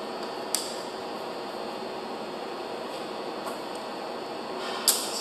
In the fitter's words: simply snaps into place like that